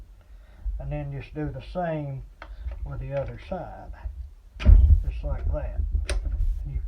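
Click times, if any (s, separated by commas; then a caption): 6.1 s. On the centrifugal clutch of a STIHL 4-Mix string trimmer, the second metal clutch shoe is pushed back toward the closed position while someone talks. It snaps shut under its spring with a sharp click at 6.1 s, and the clutch shoe is seated closed.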